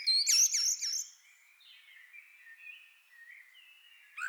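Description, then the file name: Common blackbird uttering a quick run of high, sharp squeaky notes, followed by soft, thin warbling and a final sharp note. "Turdus merula"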